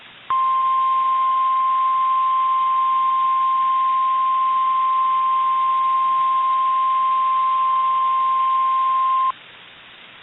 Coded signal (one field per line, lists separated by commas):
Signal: Emergency Alert System (SAME) tones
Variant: 1050 Hz attention tone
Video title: EAS Iowa/Nebraska Statewide Tornado Drill NOAA Weather Radio (Required Weekly Test)